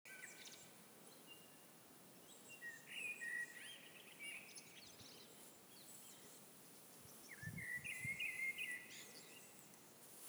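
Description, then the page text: Common blackbird song: faint, mellow whistled phrases in the mid range, some ending in higher twittering notes, over steady hiss and soft low rumbles. Two birds in Tukums municipality, Latvia, 29 March 2025 at 17:10; singing in suitable breeding habitat, one perched in a nearby spruce, the other further inside the forest. "Melnais mežastrazds, Turdus merula Novērojuma laiks 29-Mar-2025 plkst. 17:10 Tukuma novads Skaits 2 Dzied ligzdošanai piemērotā biotopā (D) 2 putni. Viens sēdēja blakus eglē, otrs dzirdams dziļāk mežā."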